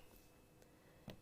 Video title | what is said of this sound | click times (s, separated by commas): JewelleryMaker LIVE 01/10/2016 6pm-11pm | and wait for the click | 1.1 s